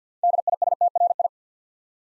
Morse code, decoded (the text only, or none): DISTRI